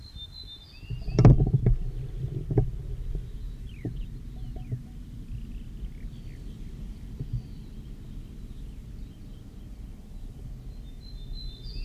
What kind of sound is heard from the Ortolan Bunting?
song